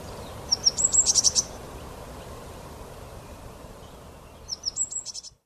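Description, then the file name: Great tit giving high thin notes that run into a quick buzzy chatter, one burst early and a second near the end, with steady background hiss. "Parus major"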